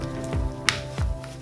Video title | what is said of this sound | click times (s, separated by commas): Newborn Cloth Diaper Hacks | that you would usually snap to the middle right here I'm gonna snap this up to | 0.7 s